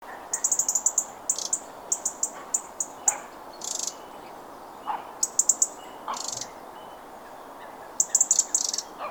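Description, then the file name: European robin giving very high, thin notes in quick bursts of several, repeated at irregular intervals over steady background hiss. "Erithacus rubecula"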